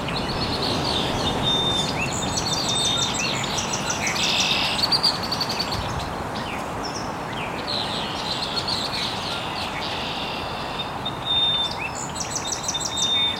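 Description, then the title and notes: Several birds chirping and trilling in overlapping bursts, high thin whistles repeating, over a steady layer of background noise. Chirping very early in the morning in an estuary. "Birds Chirping in the Early Morning. Original sounds of birds chirping very early in the morning in an estuary"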